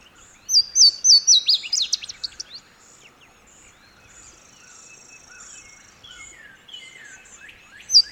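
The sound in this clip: Bird song opening with a fast run of sharp, high whistled notes that step downward, followed by softer varied chirps and twitters, with another loud note at the end.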